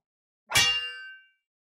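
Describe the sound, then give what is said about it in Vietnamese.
A single sharp metallic clang as a fist strikes a silver chain and it shatters, ringing out with bright, high overtones that fade over about a second. There is no talking. “Nắm tay của Diệp Phàm va chạm vào cái sợi xích bạc, chỉ nghe thấy một tiếng vỡ giòn tan”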